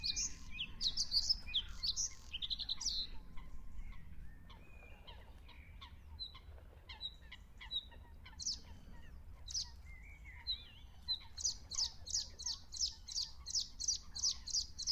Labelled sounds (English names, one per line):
Bluethroat song